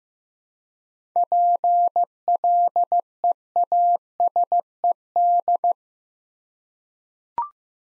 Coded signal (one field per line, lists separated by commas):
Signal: Morse code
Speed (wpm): 15 wpm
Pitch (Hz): 700 Hz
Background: none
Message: PLEASED